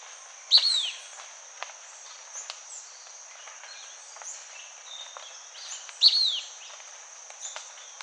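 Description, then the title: Blackish pewee giving two sharp, high downslurred call notes about five and a half seconds apart, over a soft hiss with faint bird sounds. Subspecies nigrescens. "LuckyPassaro Completos2Sama. Blackish Pewee (Contopus nigrescens nigrescens)"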